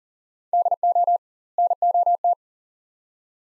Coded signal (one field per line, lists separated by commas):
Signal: Morse code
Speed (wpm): 40 wpm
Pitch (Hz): 700 Hz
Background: none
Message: DO NOT